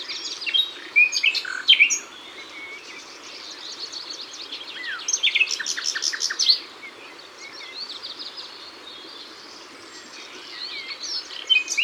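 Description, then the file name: Common nightingale song in varied bursts: fast chattering trills and sharp high notes, with pauses between phrases and a steady background hiss. Ardèche. "Rossignol-Philomele-Concerts-Naturels-De-l Ardeche"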